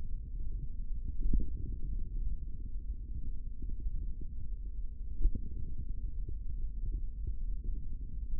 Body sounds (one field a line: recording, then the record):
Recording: forearm muscle sounds (acoustic myography)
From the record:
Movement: finger pinch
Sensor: system 3, bracelet of six PUI Audio POM-2738L microphones around the upper forearm, with dedicated amplification and filtering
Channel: 2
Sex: male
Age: 25 years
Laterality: right